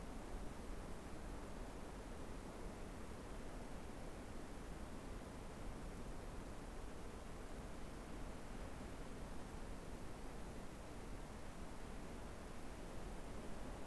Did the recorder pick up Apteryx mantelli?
no